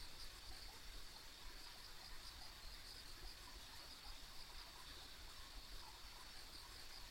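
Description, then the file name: Insects in a steady high chorus, a continuous shimmering trill with fine pulsing, under a low rumbling background. Ambient insect sounds on a country road. "田舎道の虫の環境音"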